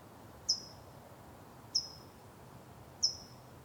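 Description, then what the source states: Bird giving three brief, high chirps that drop quickly in pitch, spaced roughly a second and a quarter apart against a soft, steady hiss. Outdoor exterior ambience with birds.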